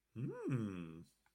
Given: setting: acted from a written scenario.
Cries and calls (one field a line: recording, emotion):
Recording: vocal sound without words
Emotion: romantic love